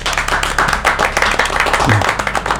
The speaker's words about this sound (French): Non, je veux pas qu'ils parlent. Je veux juste qu'ils fassent des applaudissements comme pour un public en studio.